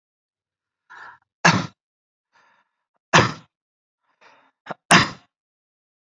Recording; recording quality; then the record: shallow voluntary cough; excellent, no background noise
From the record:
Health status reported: COVID-19 positive, mild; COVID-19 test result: positive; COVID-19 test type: RT-PCR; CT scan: not taken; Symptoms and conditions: cold, sore throat, muscle pain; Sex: male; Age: 30 years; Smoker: yes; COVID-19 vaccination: both doses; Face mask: worn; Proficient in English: yes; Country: India